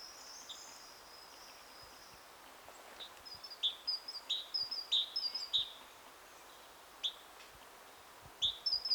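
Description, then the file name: Great tit calls: sharp paired notes in a quick irregular series, fairly faint over a steady hiss of background noise. "Parus major"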